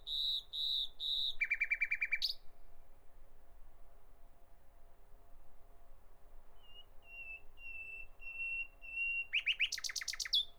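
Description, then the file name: Common nightingale song: repeated rich notes leading into a rapid rattling trill, a pause, then a series of pure whistled notes before a loud rattling burst. "Nachtigall"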